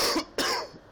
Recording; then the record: coughing mixed with background sound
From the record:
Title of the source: Coughing 60